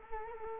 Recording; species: mosquito wingbeat signal from an infrared sensor; Culex quinquefasciatus